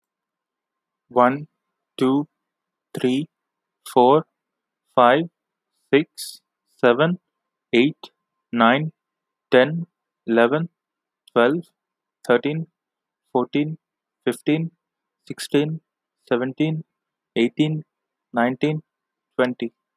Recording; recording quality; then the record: counting at a normal pace; excellent, no background noise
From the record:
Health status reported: healthy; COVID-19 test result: negative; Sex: male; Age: 26 years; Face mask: not worn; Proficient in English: yes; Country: India